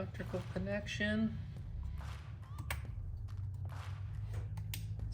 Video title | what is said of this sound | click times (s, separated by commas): 2014 fusion runs poorly | snaps into place vacuum | 4.7 s